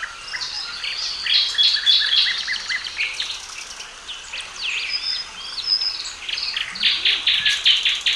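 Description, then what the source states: Birds singing in a busy chorus, with overlapping high chirps, trills and quick whistled notes layered together throughout and no single voice standing out. Calm birdsong.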